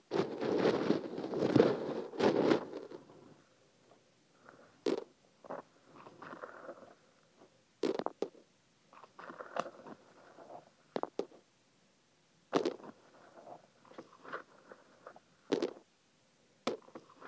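Sesame seeds are poured into an ear, very close up. A dense, crackling rustle fills the first three seconds, then thins to soft shuffling broken by sharp, bright clicks and pops about every two to three seconds.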